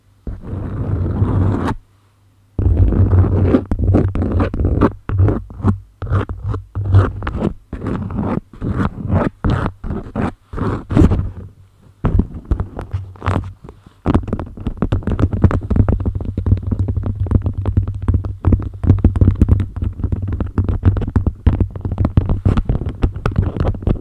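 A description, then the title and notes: Close, crinkly handling of a beeswax wrap, with rapid scratching, tapping and sticky peeling sounds packed densely across the whole stretch. The texture is crisp and bright, broken by a brief silence near the start and a few short pauses, over a faint low hum. ASMR Beeswax Wrap Triggers INTENSE TINGLING! Tapping, Scratching, Sticky Sounds.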